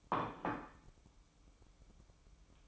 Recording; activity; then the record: daily activity, microphone in the room; place plate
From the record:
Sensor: 1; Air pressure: 1007.5 hPa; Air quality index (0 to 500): 77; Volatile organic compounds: 1 ppm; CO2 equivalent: 669 ppm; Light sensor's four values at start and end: 9/23/9/10 and 9/23/9/10